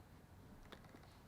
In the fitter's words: so you need to make sure you click it which is fine